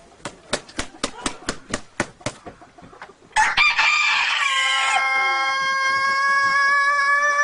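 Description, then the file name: Rooster crowing: a string of sharp rhythmic clicks or taps, then a loud, harsh crow that settles into a long, sustained, steady drawn-out note. "galo chato"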